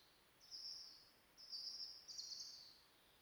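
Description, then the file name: European robin song, three thin high sustained notes in quick succession, the last one brighter and more trilled. "Erithacus rubecula"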